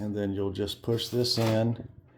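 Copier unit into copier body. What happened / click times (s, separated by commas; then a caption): The unit is being handled but has not yet clicked home / none. Someone talks while a copier unit is handled for sliding into a Toshiba copier body along its guide groove, to be pushed in until it clicks into place. The clip ends before the part goes home, so nothing has seated or clicked yet.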